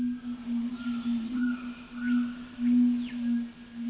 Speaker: It's a male red-ruffed fruit crow booming out its display calls.